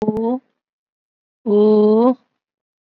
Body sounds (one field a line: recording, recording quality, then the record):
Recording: sustained vowel as in boot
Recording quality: excellent, no background noise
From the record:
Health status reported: COVID-19 positive, moderate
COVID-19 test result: positive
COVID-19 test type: RT-PCR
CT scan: not taken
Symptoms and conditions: cough, cold, breathing difficulty, fever, fatigue, muscle pain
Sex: female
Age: 74 years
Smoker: no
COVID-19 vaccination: none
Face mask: not worn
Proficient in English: no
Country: India